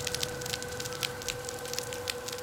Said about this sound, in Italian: E quello che sentiamo è una specie di sfrigolio, è il rumore fatto dagli alfedi, che sono dei piccoli gamberetti che vivono in grande quantità sui fondali, soprattutto rocciosi, e producono questi schiocchi molto forti.